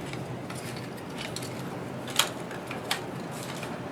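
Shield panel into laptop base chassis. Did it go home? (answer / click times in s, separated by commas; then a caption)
yes / 2.2 s. The metal shield of a Lenovo x220t / x230t laptop base is slid into place and pressed down until it snaps into its clips, with a sharp click at 2.2 s and softer clicks around 1.4, 2.7 and 2.9 s over a low background hiss. The shield is seated, though not yet fully clicked on all sides, because screwing it down clicks it down further.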